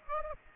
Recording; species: mosquito wingbeat signal from an infrared sensor; Aedes aegypti